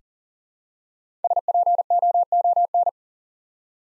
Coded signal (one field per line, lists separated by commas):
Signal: Morse code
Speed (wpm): 43 wpm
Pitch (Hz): 700 Hz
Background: none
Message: SPOON